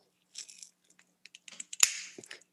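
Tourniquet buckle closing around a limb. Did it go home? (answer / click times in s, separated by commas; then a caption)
yes / 1.8 s. In a Stop the Bleed demonstration, a tourniquet strap is pulled tight from underneath around a limb, making soft rustling and scraping at first, then a few light ticks. Its buckle clips closed with a sharp click at 1.8 s, followed by a short fading rattle, showing the tourniquet is locked in before the windlass is twisted.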